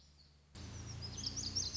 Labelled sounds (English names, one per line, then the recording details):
Lazuli Bunting
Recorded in Sonoma County, California